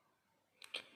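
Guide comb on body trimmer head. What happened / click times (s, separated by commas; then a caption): The plastic comb clicked off / 0.6 s, 0.7 s. A plastic guide comb on a Philips Series 1000 body trimmer head is pressed slightly and pushed outwards, releasing with clicks at 0.6 s and 0.7 s. Faint background noise precedes the two sharp clicks, the second louder, and the comb comes off.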